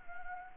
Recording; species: mosquito wingbeat signal from an infrared sensor; Anopheles arabiensis